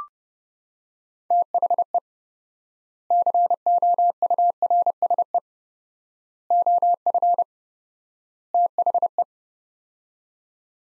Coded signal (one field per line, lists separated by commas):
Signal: Morse code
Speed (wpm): 30 wpm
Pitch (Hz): 700 Hz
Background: none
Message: THE COURSE OF THE